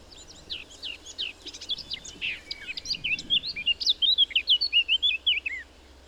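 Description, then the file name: Eurasian blackcap song starting as a hurried, scratchy chatter, then breaking into a bright, rhythmic string of clear whistled phrases. "Sylvia atricapilla"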